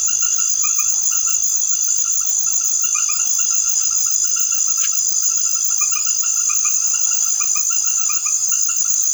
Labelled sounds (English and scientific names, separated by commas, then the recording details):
none
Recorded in secondary vegetation near Puerto Asís, Putumayo, Colombia, on 9 March 2025 at 20:30
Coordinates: 0.489, -76.322
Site G042